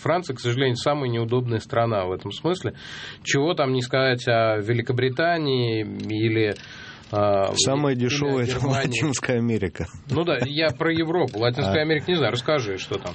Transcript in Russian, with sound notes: Франция – к сожалению, самая неудобная страна в этом смысле, чего, там, не сказать о Великобритании или…
Самая дешевая – это Латинская Америка (смеется)
Ну да. Я про Европу. Латинская Америка – не знаю, расскажи, что там.